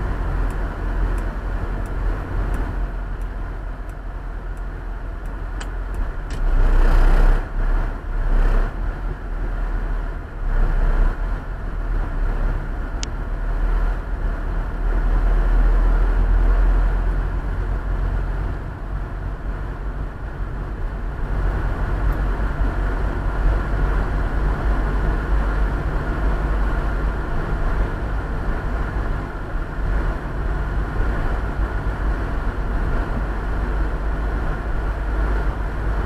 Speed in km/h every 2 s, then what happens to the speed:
36, 32, 27, 26, 25, 28, 28, 29, 31, 34, 36, 36, 37, 37, 39, 39, 39, 37.
0-5 slows to 26. 5-36 speeds up to 37.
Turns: none.